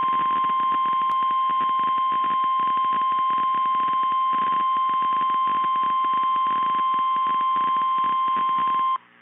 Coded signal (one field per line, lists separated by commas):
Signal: Emergency Alert System (SAME) tones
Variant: 1050 Hz attention tone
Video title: Severe Thunderstorm Warning Colorado Noaa Weather Radio Station KEC 76 Denver CO 6/20/26